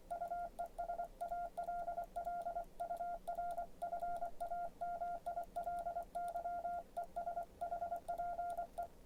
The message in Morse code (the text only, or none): U ES ALL UR FAMILY ES HPE